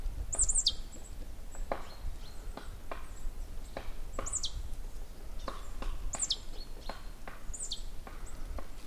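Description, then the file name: Great tit repeating high downslurred double notes amid steady knocking or chopping sounds and low background rumble. "Parus major"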